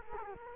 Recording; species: mosquito wingbeat signal from an infrared sensor; Culex quinquefasciatus